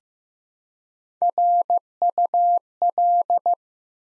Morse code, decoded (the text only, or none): RUL